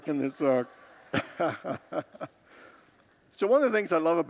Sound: congregants laugh